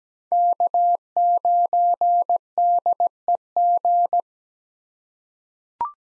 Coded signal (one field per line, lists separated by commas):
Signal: Morse code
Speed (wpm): 17 wpm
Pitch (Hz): 700 Hz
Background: none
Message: K9DEG